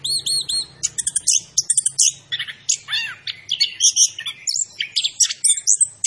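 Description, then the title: Orange-headed thrush pouring out a varied song. It opens with repeated looping whistles, then moves into sharp chirps and a downward-curving note, over a faint low hum. Indonesian name anis kembang; described as gacor, meaning actively singing; bird referred to as Macan B2. "Anis Kembang Gacor. Suara Anis Kembang Macan B2"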